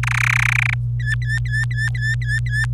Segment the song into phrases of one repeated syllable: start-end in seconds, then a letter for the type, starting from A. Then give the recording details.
0.03-0.74 A, 1.00-2.66 B. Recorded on 26 April 2018 at 11:48. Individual llb3